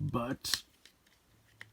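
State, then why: Released. Someone talks briefly while working a stuck, small flip-out plastic piece on the inside of a transforming robot toy leg, with faint ticks around 0.9 s and 1.1 s. At 1.6 s the piece snaps free with a sharp click, released.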